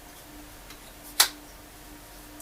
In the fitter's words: click and you might have heard that little snap to click them in together